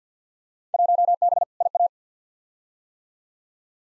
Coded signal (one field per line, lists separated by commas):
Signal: Morse code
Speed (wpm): 50 wpm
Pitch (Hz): 700 Hz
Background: none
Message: 1B IA